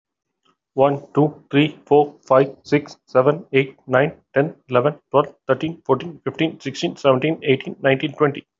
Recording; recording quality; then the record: counting at a fast pace; excellent, no background noise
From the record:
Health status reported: healthy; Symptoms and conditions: hypertension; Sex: male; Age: 44 years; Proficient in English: yes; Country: India